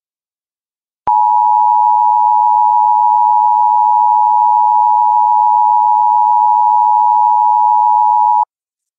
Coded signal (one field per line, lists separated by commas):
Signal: Emergency Alert System (SAME) tones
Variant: 853 and 960 Hz attention tone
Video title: EAS in Horror: The Black Flu Virus